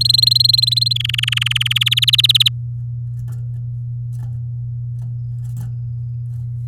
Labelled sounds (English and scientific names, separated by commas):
Domestic Canary (Serinus canaria) song